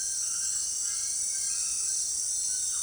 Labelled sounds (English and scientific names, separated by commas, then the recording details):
none
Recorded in secondary vegetation near Puerto Asís, Putumayo, Colombia, on 25 June 2025 at 18:00
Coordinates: 0.485, -76.322
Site GP06